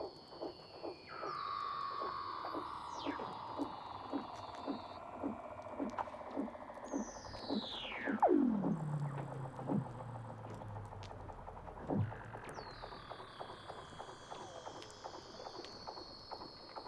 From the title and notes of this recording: Douglas Quin - Weddell Seals (Underwater).